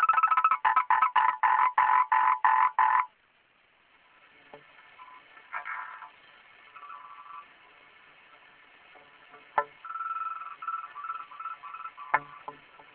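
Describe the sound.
Frog croaking: a fast series of loud rasping pulses for three seconds, then quieter scattered croak bursts and a few clicks.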